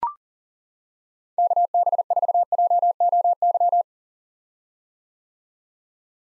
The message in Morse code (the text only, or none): KB4JOY